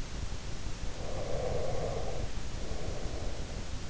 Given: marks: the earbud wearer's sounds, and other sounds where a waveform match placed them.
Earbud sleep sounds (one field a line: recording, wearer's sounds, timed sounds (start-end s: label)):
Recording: sounds in sleep by an in-ear microphone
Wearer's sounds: breath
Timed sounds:
0.74-3.75 s: breath